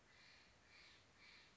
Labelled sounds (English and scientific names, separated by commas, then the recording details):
Steller's Jay (Cyanocitta stelleri)
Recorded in Sonoma County, California